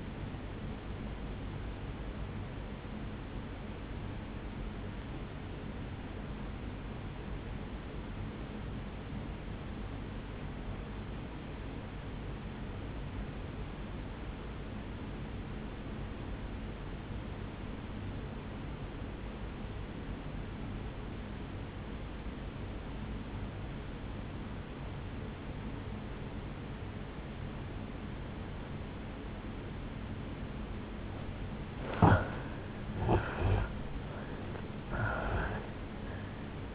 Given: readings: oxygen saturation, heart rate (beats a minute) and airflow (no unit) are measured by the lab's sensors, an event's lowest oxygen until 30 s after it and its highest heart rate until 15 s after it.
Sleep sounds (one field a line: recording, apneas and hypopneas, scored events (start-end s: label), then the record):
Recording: breathing in sleep by a voice recorder at the bedside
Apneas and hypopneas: 1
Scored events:
4.00-32.30 s: obstructive apnea (N1, oxygen 96% highest, then 81% lowest, heart rate 64 at the start, 81 highest)
13.00-36.75 s: new sleep stage, N2 (light sleep)
From the record:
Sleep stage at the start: N1 (lightest sleep)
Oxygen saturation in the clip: 83 to 96%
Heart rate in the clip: 52 to 76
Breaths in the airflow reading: 2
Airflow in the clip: -14.5 to 6.8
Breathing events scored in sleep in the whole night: 449 in 7.0 hours asleep